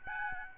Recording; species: mosquito wingbeat signal from an infrared sensor; Aedes albopictus